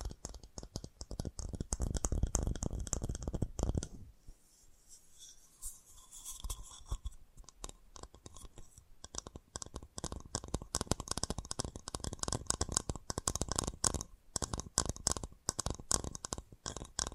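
Fast, dense tapping runs in rapid bursts, stops for a quieter stretch around four to eight seconds, then resumes steadily.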